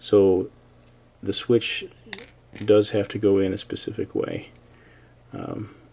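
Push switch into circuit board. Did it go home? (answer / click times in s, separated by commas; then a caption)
no / none. A tactile switch is handled over the rectangular hole pattern on a small circuit board, ready to be pushed in, while someone talks over a steady low hum. The switch has not snapped into the board yet; nothing has seated or clicked.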